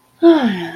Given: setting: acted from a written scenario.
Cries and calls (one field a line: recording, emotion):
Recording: vocal sound without words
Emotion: serenity